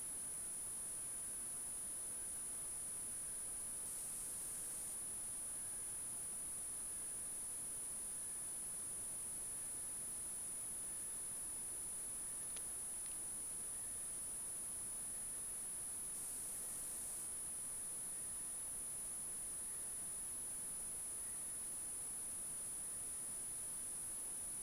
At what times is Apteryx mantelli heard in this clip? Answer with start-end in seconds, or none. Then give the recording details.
0.00-23.58. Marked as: faintness 5/5. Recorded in New Zealand on 14 February 2012. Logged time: 02:13. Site DH65